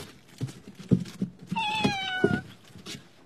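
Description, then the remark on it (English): A kitten gives one drawn-out, high-pitched meow that slides slightly downward, surrounded by soft low bumps and rustling. “Well, he's exactly the same as another little kitten I've seen.”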